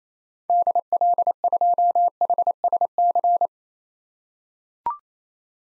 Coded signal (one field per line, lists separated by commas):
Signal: Morse code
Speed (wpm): 27 wpm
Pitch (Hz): 700 Hz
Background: none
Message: DL2HSC